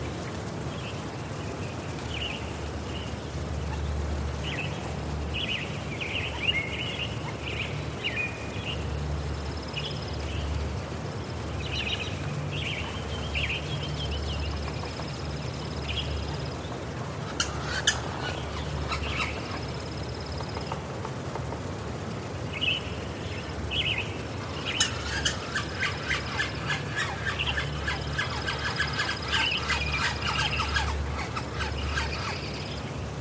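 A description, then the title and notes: An evening at forest ponds in the Rocky Mountains, with a steady low rumble underneath and scattered bird calls and squawks throughout. Around 17–19 seconds a burst of sharp clicking rises, and from about 25 seconds a dense, rapid chattering trill runs to the end. Summer Evening Forest Ponds. Nestled in the Pike National Forest tucked away in the Rocky Mountains, a series of ponds are full of the evening bustle.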